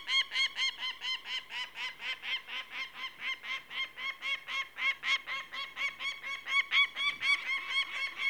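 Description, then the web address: Peregrine falcon giving a harsh, ringing cackle, a steady run of rapid rasping notes that continues throughout without a break. "BBC Sound Effects Library. Peregrine Falcon"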